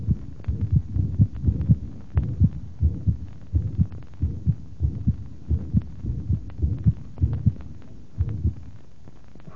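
Low heart sounds at the apex come at uneven intervals, with murmur noise filling the gaps between beats. This is combined mitral stenosis and mitral regurgitation with atrial fibrillation, a mixed mitral valve defect with an irregularly irregular rhythm.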